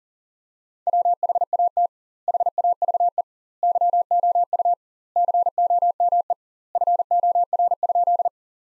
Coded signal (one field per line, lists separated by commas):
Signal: Morse code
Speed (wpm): 37 wpm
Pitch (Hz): 700 Hz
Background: none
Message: WHAT HAVE YOU COME FOR?